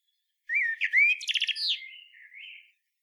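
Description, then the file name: Common blackbird delivering one song phrase: mellow whistled notes, a quick rattling burst of clicks, then a softer fading warble. "Turdus merula"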